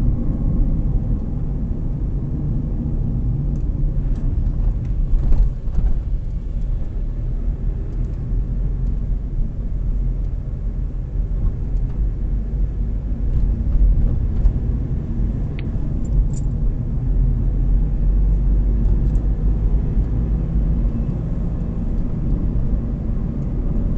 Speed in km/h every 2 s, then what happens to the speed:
41, 36, 26, 21, 25, 20, 25, 33, 33, 41, 45, 47.
0-5 brakes to 21. 5-10 steady at about 21. 10-19 speeds up to 45.